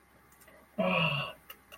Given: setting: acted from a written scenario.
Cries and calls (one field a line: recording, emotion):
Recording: vocal sound without words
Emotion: disappointment